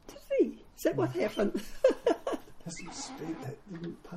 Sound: chuckle